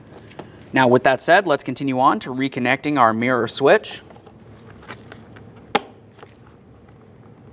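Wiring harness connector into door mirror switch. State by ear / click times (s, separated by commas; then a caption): seated / 5.8 s. Someone talks for the first few seconds, then a wiring harness connector is pushed onto the door mirror switch in the door panel of a 1998-2002 Lincoln Navigator. It clicks into place with a loud, sharp latch at 5.8 s, after a few faint handling ticks.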